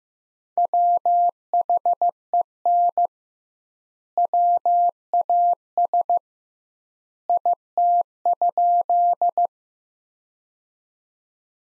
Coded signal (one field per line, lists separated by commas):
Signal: Morse code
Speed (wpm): 16 wpm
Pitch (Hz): 700 Hz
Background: none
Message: WHEN WAS IT?